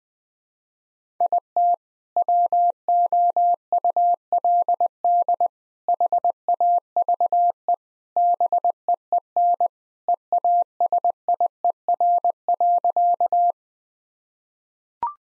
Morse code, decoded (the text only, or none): IT WOULD HAVE BEEN EASIER.